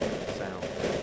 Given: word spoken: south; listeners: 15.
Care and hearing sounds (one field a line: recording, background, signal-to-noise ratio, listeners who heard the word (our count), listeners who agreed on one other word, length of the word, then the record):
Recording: one English word in noise, from a listening test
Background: noise modulated by three-talker babble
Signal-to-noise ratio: -7.0 dB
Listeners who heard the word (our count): 1 of 15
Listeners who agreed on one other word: 11 of 15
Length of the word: 0.63 s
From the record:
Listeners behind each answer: 11, 1, 1, 1, 1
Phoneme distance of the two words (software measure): 17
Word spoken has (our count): 1 syllable, 3 phonemes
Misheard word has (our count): 1 syllable, 4 phonemes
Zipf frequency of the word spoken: 5.36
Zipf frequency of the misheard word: 5.16